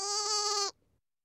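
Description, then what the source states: Lamb producing a single short, trembling bleat that ends abruptly and is followed by silence. Young animal (lamb).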